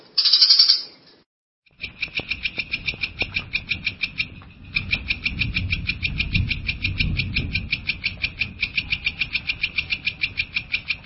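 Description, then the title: Long-tailed shrike song: a short loud scratchy burst, a pause, then long runs of fast, even, high repeated notes over a low rumbling background. Champion competition bird. "Kicau Burung Cendet Juara"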